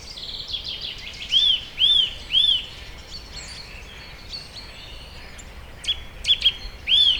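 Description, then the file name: Eurasian nuthatch with a string of piping whistled notes, a run of three loud arched calls, then softer scattered notes and more calls near the end. "Sitta europaea"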